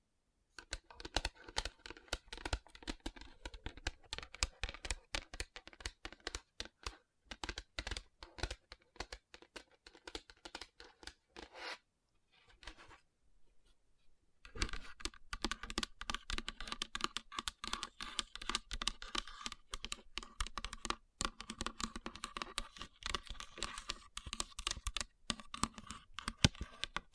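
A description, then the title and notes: Fingertips tap and rub across rhinestone-covered palms in dense, rapid clicking bursts with a crisp, scratchy edge. The clatter runs steadily, thins to sparse scrapes around twelve to fourteen seconds, then returns fuller and busier through the end. Tapping & Rubbing Rhinestone Covered Palms.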